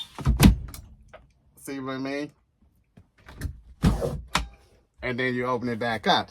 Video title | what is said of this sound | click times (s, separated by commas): My Tiny RV Life: Morning Workout - Cleaning My House - 🥵 Lunch - Cruise Link In Description | the window will click in place | 0.4 s